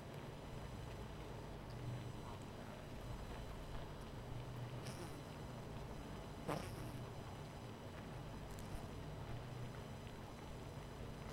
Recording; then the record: honeybee colony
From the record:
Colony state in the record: missing queen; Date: 14 July 2017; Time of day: 23:10